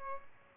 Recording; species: mosquito wingbeat signal from an infrared sensor; Aedes albopictus